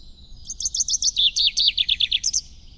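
Common chaffinch song, a single bright phrase of rapid chipping notes dropping in pitch and closing with a short flourish.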